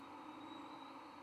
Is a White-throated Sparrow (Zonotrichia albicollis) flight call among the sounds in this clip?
no